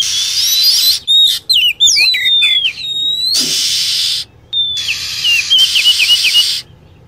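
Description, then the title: Lovebird calls: busy shrill chirping and sliding whistles, then a flat whistle breaking into quick trills, with hissing noise between. Lure sound used to attract birds. "PIKAT BURUNG LOVEBIRD"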